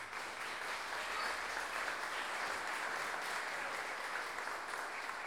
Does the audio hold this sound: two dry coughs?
no